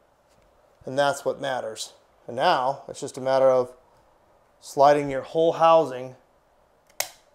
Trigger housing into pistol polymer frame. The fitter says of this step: back into all it snaps in and